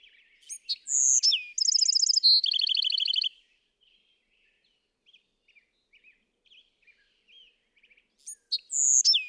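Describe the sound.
Bewick's wren song: sharp opening notes followed by two rapid trills at different pitches, then faint soft chips before the song starts again.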